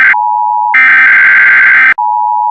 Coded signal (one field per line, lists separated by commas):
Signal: Emergency Alert System (SAME) tones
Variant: header bursts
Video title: autitistc kid outburst but when ever he says anything it's emergency broadcast system noises